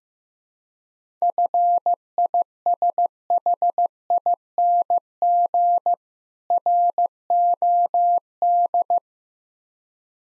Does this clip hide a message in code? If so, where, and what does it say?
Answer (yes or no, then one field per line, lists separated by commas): yes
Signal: Morse code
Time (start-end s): 1.2-9.0 s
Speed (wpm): 15 wpm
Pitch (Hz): 700 Hz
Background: none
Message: FISHING ROD